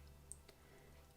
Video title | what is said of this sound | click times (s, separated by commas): Build with me - MOOMIN House! № 1 - 4 | and then the latch actually goes down and locks in place | 0.3 s